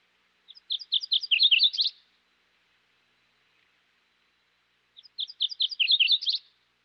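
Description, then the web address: MacGillivray's warbler singing two matching high-pitched phrases of quick repeated notes that grow louder toward the end, with silence between. "Dan Gibson Wildlife Identification By Sound, Western North America. Mac Gillivary's Warbler"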